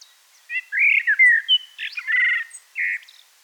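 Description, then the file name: Common blackbird song, a continuous run of mellow whistles mixed with buzzy, chattering twitters. "Turdus merula"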